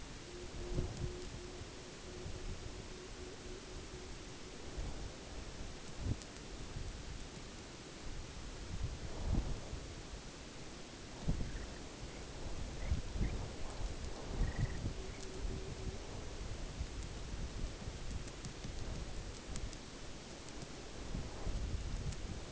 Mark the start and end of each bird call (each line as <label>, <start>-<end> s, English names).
Pectoral Sandpiper, 0.01-4.81 s
Pectoral Sandpiper, 11.24-13.44 s
Pectoral Sandpiper, 14.10-16.12 s